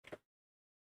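A plastic cap on a scale RC truck body is tilted up, then pushed forward and down so its tabs pop under a notch. Two quick plastic clicks land at 0.1 s and 0.1 s (0.07 and 0.13 s), the second fuller and lower, followed by silence. The cap is seated and in on both sides.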